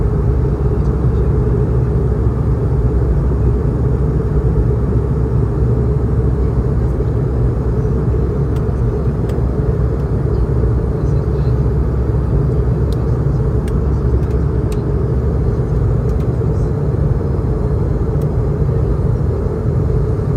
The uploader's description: full flights with all of it's sounds including passenger announcements, service and of course the engines